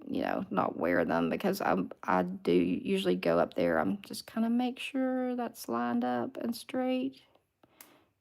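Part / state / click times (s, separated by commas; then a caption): press-on false nail onto natural fingernail / seated / 7.8 s. Someone talks while lining up a plastic press-on false nail straight over a curved natural fingernail. After the talking fades, the nail is pressed down and snaps onto the natural nail with a small, sharp click at 7.8 s, and it is seated.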